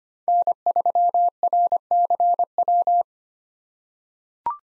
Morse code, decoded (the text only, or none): N3RCW